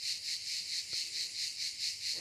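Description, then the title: Cicada song, a high rasping drone pulsing regularly about four times a second, with a single soft click partway through. "cigales"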